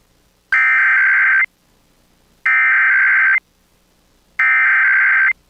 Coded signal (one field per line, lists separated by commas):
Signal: Emergency Alert System (SAME) tones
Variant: header bursts